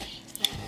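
The wheel pivots of a Korean ITF 31 Day wall clock movement are guided into their holes while the top brass movement plate is lifted slightly, then the plate is let settle back down. Over a steady low hiss, two short sharp clicks sound at 0.3 s and 0.5 s, the second louder, as the pivots seat into the plate.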